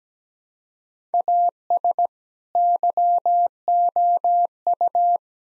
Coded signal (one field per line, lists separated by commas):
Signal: Morse code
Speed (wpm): 17 wpm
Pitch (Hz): 700 Hz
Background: none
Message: AS YOU